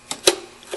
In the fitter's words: push it into your snap and you're locked in